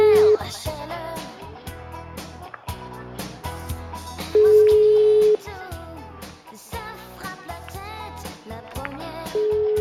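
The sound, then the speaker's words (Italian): A steady, mid-pitched telephone line tone sounds in repeated beeps, including one longer held tone, as a phone call goes through to voicemail, over a busy background of music and voices. “Servizi di segreteria telefonica.”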